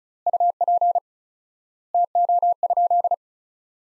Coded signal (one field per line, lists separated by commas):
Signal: Morse code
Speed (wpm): 34 wpm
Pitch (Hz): 700 Hz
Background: none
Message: UP TO?